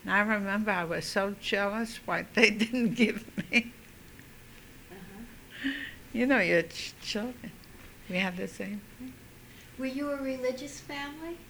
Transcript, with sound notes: And I remember I was so jealous, why they didn't give me. ( she laughs ) You know, you're children. We have the same thing.
Were you a religious family?